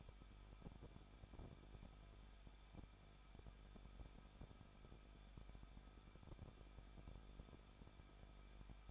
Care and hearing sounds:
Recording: daily activity, microphone in the room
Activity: no activity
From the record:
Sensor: 5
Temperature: 20.8 degrees Celsius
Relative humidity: 38.3%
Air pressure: 1006.6 hPa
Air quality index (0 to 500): 186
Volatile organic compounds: 17 ppm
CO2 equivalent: 2597 ppm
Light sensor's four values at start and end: 2/3/1/1 and 2/3/1/1

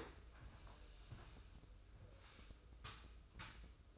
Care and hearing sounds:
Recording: daily activity, microphone in the room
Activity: sweep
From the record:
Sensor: 2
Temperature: 24.2 degrees Celsius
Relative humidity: 31.4%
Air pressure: 995.8 hPa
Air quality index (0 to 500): 93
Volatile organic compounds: 5 ppm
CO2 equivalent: 1716 ppm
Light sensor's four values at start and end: 25/80/32/30 and 25/80/32/30

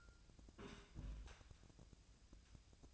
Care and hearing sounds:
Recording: daily activity, microphone in the room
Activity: place on stove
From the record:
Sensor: 2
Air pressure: 999.8 hPa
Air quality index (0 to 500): 122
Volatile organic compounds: 2 ppm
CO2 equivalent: 1048 ppm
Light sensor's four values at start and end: 34/85/37/41 and 34/85/37/41

